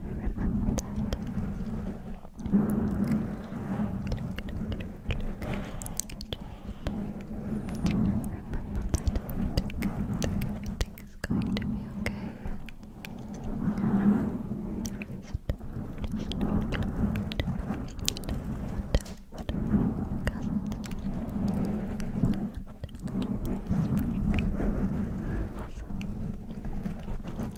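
Dense crunching and crackling continues through the whole clip, mixed with many sharp, quick clicks at no regular pace. A low, steady hum sits underneath, and the crunching swells a little louder around the middle and near twenty seconds.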